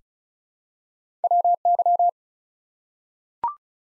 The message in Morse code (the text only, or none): WY